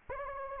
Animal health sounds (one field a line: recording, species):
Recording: mosquito wingbeat signal from an infrared sensor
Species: Anopheles gambiae